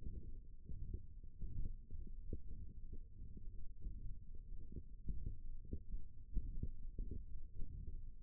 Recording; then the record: forearm muscle sounds (acoustic myography)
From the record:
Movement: thumb flexion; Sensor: system 1, eight BSWA MPA416 microphones around the upper forearm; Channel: 5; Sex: female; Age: 21 years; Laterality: right